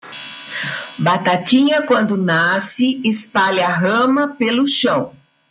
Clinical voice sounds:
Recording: short text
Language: Brazilian Portuguese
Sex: male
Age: 40 to 49 years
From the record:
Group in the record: control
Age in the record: 41 years

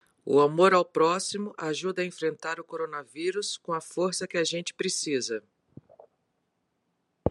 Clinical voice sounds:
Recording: spoken sentence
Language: Brazilian Portuguese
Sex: male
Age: 50 to 59 years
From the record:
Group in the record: control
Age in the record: 50 years

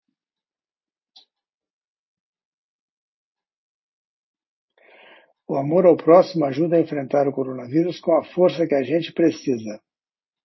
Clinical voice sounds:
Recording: spoken sentence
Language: Brazilian Portuguese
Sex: male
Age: 60 to 69 years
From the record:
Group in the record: control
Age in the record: 69 years

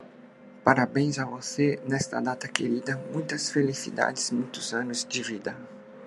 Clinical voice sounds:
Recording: short text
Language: Brazilian Portuguese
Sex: male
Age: 50 to 59 years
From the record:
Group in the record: control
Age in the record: 52 years

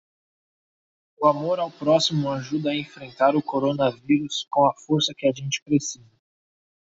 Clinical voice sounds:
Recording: spoken sentence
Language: Brazilian Portuguese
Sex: male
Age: 20 to 29 years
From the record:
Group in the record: control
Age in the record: 29 years

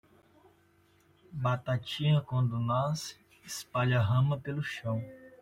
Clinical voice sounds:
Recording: short text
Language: Brazilian Portuguese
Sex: male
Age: 20 to 29 years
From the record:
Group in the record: control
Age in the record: 23 years

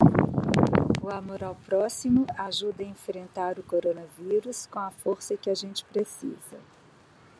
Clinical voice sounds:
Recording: spoken sentence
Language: Brazilian Portuguese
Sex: female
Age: 50 to 59 years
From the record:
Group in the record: control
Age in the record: 55 years

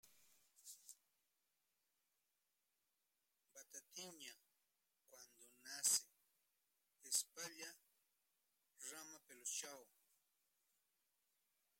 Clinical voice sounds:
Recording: short text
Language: Brazilian Portuguese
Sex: male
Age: 50 to 59 years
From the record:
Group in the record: control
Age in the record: 52 years

